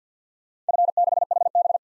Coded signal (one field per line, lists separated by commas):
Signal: Morse code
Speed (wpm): 50 wpm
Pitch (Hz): 700 Hz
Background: none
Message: F6HB